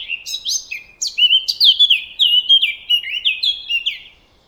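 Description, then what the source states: Blackcap singing a fast, rushing warble of loud, clear whistled notes. Varied, rapid, rushing warble, much stronger than a robin's or dunnock's; blackcaps are singing by early April.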